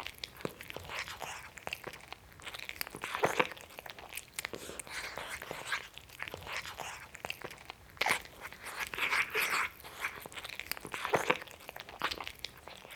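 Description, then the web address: Cat eating greedily: chewing and crunching in irregular bursts, with short pauses between mouthfuls. Cat guzzling greedily. "The BBC Sound Effects Library. Cat Guzzling Greedily"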